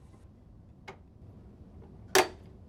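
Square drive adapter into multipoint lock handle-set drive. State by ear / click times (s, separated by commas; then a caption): seated / 2.2 s. A square drive adapter is pressed firmly into the handle-set drive of a multipoint lock case, with its tabs aligned to the channels. A faint tick sounds at 0.9 s, then a sharp, loud snap at 2.2 s as the adapter seats into place.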